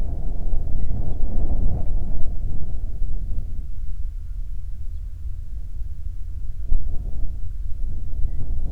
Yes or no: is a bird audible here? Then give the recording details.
yes. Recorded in the Prudhoe Bay oil fields, Alaska, on 8 July 2019 at 02:12. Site 25